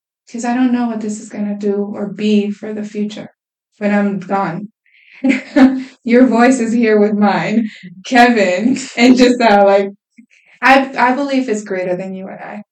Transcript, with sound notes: Because I don't know what this is going to do or be for the future. When I'm gone. [Laughs.] Your voice is here with mine, Kevin, and Gisel, like, I believe it's greater than you and I.